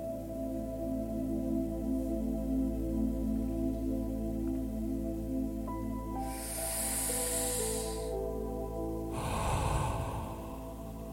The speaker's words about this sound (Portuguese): Inspire lentamente pelo nariz e solte o ar pela boca, sentindo o corpo relaxar. Mais uma vez, inspire calma e expire soltando qualquer tensão.